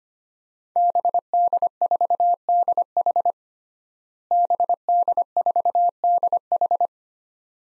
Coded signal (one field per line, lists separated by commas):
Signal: Morse code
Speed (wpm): 25 wpm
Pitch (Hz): 700 Hz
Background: none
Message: BD4DH BD4DH